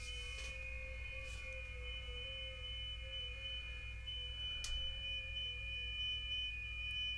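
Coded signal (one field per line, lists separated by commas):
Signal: FT8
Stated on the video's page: 30 meter band, through a homebrew 52-inch magnetic loop at 5 W, with contacts reaching Antarctica.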